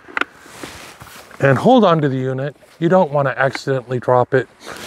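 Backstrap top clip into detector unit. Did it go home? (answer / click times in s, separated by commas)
yes / 0.2 s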